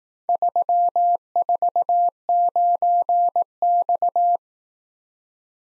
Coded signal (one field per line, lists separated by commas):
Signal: Morse code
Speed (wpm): 18 wpm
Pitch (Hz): 700 Hz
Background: none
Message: 349X